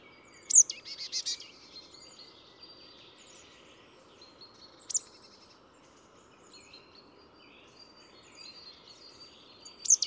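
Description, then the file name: Marsh tit calls: a sharp, very high note followed by a short burst of buzzy notes, then two more sharp high notes later. "Poecile palustris"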